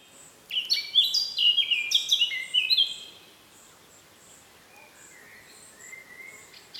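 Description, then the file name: Eurasian blackcap song: a brief rich warbling phrase of clear, fluty whistled notes lasting about two and a half seconds, then quiet with a faint later note. "Sylvia atricapilla"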